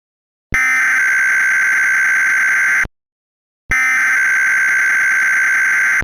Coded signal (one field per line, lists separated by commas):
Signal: Emergency Alert System (SAME) tones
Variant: header bursts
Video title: (EAS MOCK) The Yellowstone Caldera Disaster